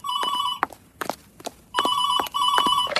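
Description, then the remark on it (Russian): A telephone rings in two bursts of steady, shrill electronic tones, separated by a pause filled with a few sharp knocks or footsteps. “Звонят тут с утра, орут.”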